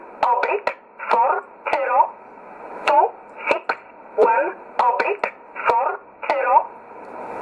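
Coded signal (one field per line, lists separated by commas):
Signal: numbers station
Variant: E11 Oblique, English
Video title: 15 06 2020 E11 Oblique Numbers station in English 0746 on 9610 unknown tx site in USB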